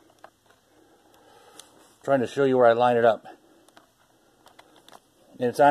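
A second 2 GB RAM module is lined up with the memory slot of a Gateway MT6460 laptop before being pushed home. Faint ticks and scrapes of handling are heard while someone talks. Nothing has seated or clicked yet.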